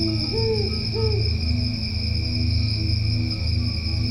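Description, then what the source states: Owl hooting: two short arched notes in quick succession, then quiet, over continuous high cricket trilling. Nocturnal calls, accompanied by crickets, recorded at El Ancón, municipality of La Paz, Baja California Sur.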